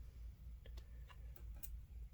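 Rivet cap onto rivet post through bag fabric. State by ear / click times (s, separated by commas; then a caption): seated / 1.6 s. A metal rivet cap is pressed by hand onto a rivet post through bag fabric before it is hammered, and it should pop on or it may not set properly. A few faint ticks sound at about 0.7, 0.8 and 1.4 seconds over a low hum, then a sharper, louder pop at 1.6 seconds as the cap seats onto the post.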